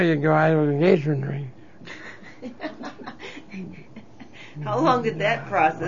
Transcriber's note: they laugh